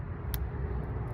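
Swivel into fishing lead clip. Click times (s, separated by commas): 0.3 s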